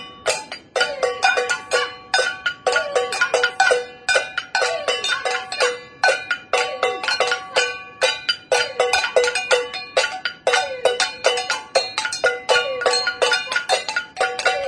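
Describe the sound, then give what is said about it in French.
Many people bang on pots and pans from their balconies in a protest linked to the left-wing France Insoumise: a dense clatter of sharp metallic clangs with bright ringing overtones, hits overlapping in an uneven, continuous rhythm for the whole stretch, with no voices heard. “fait référence en fait à l'extrême gauche qui tape, enfin France Insoumise on va dire, qui tape sur les casseroles pour faire la révolution depuis les balcons.”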